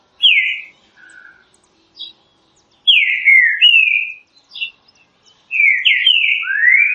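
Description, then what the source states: Green-winged saltator whistling loud, slurred, partly falling and rising phrases in quick succession, with a few softer short notes between them. Classic song style used for training.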